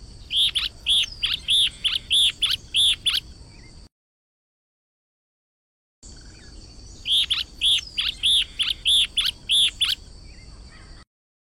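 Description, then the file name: Two phrases of Yellow-bellied elaenia song, each a quick run of several evenly spaced notes, set against a steady high-pitched drone. "Canto do Guaracava de barriga amarela"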